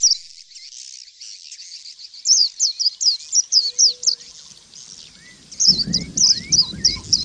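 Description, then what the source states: White-eye song as a rapid series of high, sharply slurred chirps, several per second, with low rumbling noise joining near the end. Caged white-eye, song used as audio therapy for cage birds.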